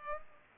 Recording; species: mosquito wingbeat signal from an infrared sensor; Culex pipiens